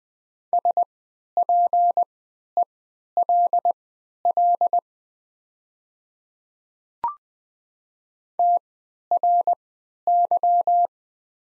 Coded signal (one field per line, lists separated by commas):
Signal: Morse code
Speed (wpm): 20 wpm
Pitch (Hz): 700 Hz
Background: none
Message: SPELL TRY